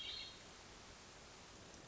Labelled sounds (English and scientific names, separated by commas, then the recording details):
Hermit Thrush (Catharus guttatus)
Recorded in Sonoma County, California